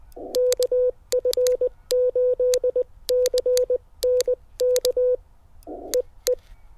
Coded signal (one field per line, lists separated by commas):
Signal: Morse code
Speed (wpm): 20 wpm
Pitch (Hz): 500 Hz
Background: none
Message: KF8CNK EE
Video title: My Compact POTA Radio Kit